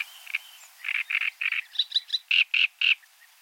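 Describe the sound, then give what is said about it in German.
A male great reed warbler belts out a short, harsh, croaking fanfare-like territorial song directed at rival males: about a dozen loud, rhythmic grating notes in quick groups, with no other voices. “Ein schönes Beispiel: der Drosselrohrsänger.”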